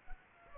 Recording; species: mosquito wingbeat signal from an infrared sensor; Aedes aegypti